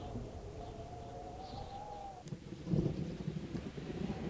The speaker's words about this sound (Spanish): Un viento frío hizo callar todos los aullidos.